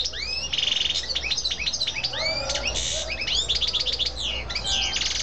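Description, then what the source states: Canary song, a fast varied run of high whistled sweeps, buzzy trills and rolling chatter, with a low steady hum underneath. Female bird.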